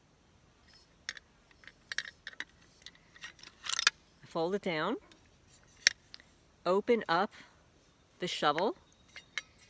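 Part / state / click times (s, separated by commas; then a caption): shovel blade hinge lock on a folding shovel handle / seated / 9.4 s. The metal blade of a Behandy Tru-fold collapsible camping and gardening shovel is unfolded on its folding handle while someone talks, with scattered metallic clicks and rattles along the way. The blade's hinge lock clicks into place at 9.4 s, locking the blade open.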